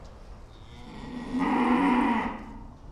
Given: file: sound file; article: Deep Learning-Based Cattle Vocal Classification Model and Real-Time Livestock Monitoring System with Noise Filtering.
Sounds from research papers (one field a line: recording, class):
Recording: cattle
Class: food anticipating call